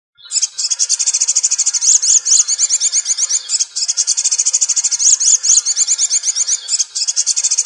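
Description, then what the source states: Leafbird singing a fast, high-pitched run of twittering, slurred notes, continuous apart from a short break midway. Locally called cucak ijo daun kecil (small-leaf cucak ijo).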